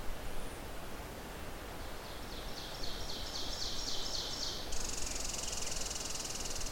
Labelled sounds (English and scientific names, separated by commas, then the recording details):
Ovenbird (Seiurus aurocapilla) song
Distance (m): 65 m
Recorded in boreal forest in Alberta, Canada, on 14 June 2016 at 06:41
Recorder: SongMeter 3, array SBT-3-33
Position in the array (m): 111 m, 79 m
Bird 21